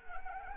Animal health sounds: mosquito wingbeat signal from an infrared sensor; Anopheles arabiensis

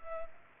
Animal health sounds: mosquito wingbeat signal from an infrared sensor; Culex pipiens

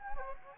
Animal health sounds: mosquito wingbeat signal from an infrared sensor; Anopheles gambiae

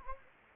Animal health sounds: mosquito wingbeat signal from an infrared sensor; Anopheles gambiae

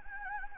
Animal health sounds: mosquito wingbeat signal from an infrared sensor; Anopheles gambiae

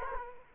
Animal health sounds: mosquito wingbeat signal from an infrared sensor; Culex quinquefasciatus

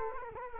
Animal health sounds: mosquito wingbeat signal from an infrared sensor; Culex quinquefasciatus

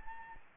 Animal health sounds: mosquito wingbeat signal from an infrared sensor; Anopheles gambiae

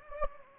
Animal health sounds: mosquito wingbeat signal from an infrared sensor; Anopheles gambiae

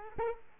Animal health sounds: mosquito wingbeat signal from an infrared sensor; Aedes aegypti

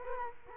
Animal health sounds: mosquito wingbeat signal from an infrared sensor; Culex quinquefasciatus

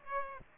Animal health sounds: mosquito wingbeat signal from an infrared sensor; Aedes aegypti

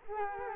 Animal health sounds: mosquito wingbeat signal from an infrared sensor; Culex quinquefasciatus

